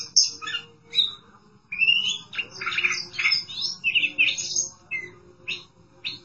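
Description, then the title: Oriental magpie-robin song, a jumble of rising and falling whistles and rasping notes delivered in bursts with brief gaps between them. Chirping song (kicauan) of the bird. "Suara Kicauan Burung Kacer Durasi Panjang"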